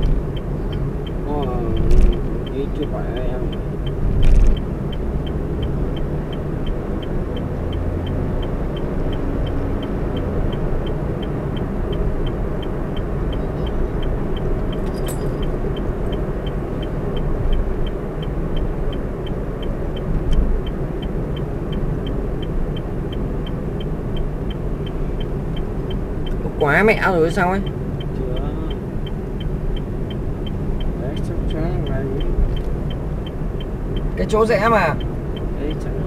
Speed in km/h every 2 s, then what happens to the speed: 44, 43, 48, 55, 61, 61, 60, 58, 55, 52, 48, 45, 42, 39, 39, 43, 44, 45.
3-8 speeds up to 61. 8-14 steady at about 60. 14-26 slows to 39. 26-36 speeds up to 45.